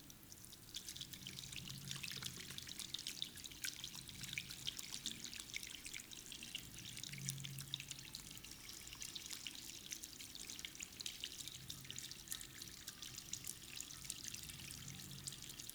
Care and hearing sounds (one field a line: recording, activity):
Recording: daily activity, guitar pickup as the sensor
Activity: wash hands